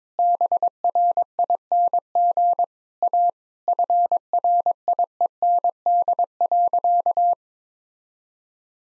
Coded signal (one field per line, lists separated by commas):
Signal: Morse code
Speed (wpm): 21 wpm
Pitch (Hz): 700 Hz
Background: none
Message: BRING A FRIEND.